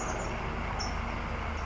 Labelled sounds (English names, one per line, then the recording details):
California Towhee
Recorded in Sonoma County, California